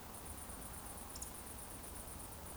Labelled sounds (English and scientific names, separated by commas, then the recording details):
Eurasian Woodcock (Scolopax rusticola) whistle
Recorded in Baden-Württemberg, Germany, on 24 June 2020 at 20:20 UTC
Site 14569, 102 m above sea level